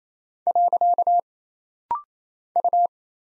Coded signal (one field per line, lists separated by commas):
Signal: Morse code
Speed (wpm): 27 wpm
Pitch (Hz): 700 Hz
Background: none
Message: . U